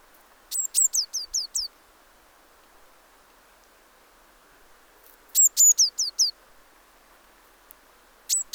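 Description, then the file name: Eurasian blue tit calling in two short bursts of high, thin down-slurred notes about five seconds apart, with a third burst beginning at the very end. "Cyanistes caeruleus"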